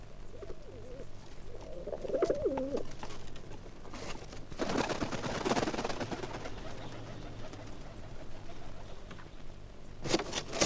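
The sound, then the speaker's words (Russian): A pigeon with a metal ring on its leg coos several times in low, throaty, wavering notes, followed by a longer burst of rustling, flapping noise and a couple of sharp clicks near the end. “Смотрите, к нам прилетел голубь с металлическим кольцом на ноге.”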